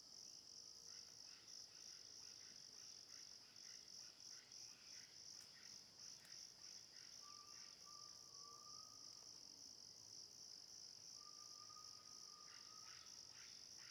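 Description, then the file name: Crickets keep up a dense pulsing high chirr while a few thin whistled bird notes come and go. Natural forest ambience at Mata das Andorinhas, crickets with birds. "Ambiencia mata das andorinhas grilos, passaros maritaca longe"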